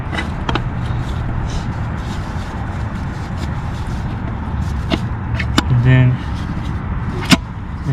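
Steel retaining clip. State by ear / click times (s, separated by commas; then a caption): seated / 7.3 s. Someone talks over a steady low hum while a new clutch throwout bearing for a 2003-2007 Infiniti G35 is pushed onto the transmission's clutch release fork, with a few small knocks along the way. At 7.3 s a sharp snap is heard as the retaining clip engages and the bearing seats on the fork.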